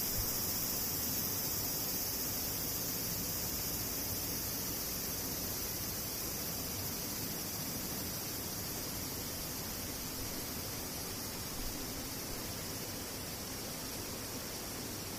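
Cicadas drone without pause, a dense, high, hissing buzz that stays level for the whole stretch. The chorus never swells or breaks off, and a soft rumble runs underneath. Only a small click near the twelve-second mark interrupts it.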